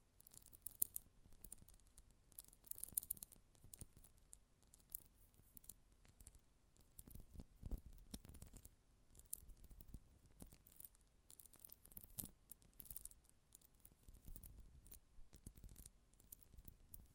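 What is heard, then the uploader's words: Close-up metallic sounds: a dense, irregular run of small clicks, scrapes and rustling snips that continues through the whole recording. Brief louder knocks stand out now and then, with a heavier thud near the middle, and there are short quieter gaps between clusters of activity. ASMR Close Up Metallic Sounds (No Talking).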